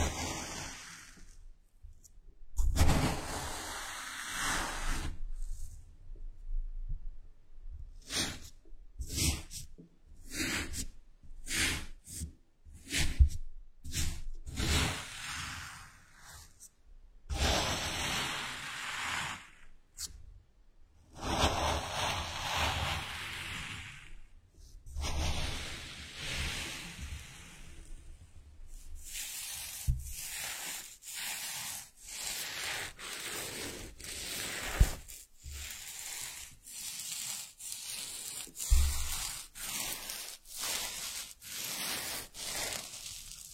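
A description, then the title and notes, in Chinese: Kinetic sand is pressed, squeezed and rubbed, making soft gritty rustles and crunchy swishes that come in short bursts with brief silences between them. After about half a minute the strokes turn quicker and more regular, a steady run of crisp, scratchy brushing. 动力沙触发，沙沙声。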